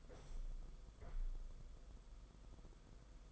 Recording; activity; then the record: daily activity, microphone in the room; open window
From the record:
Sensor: 5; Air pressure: 990.5 hPa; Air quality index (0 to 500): 164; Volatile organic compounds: 299 ppm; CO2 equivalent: 4479 ppm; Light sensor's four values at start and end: 17/41/17/18 and 17/41/17/18